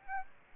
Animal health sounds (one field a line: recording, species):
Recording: mosquito wingbeat signal from an infrared sensor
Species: Aedes aegypti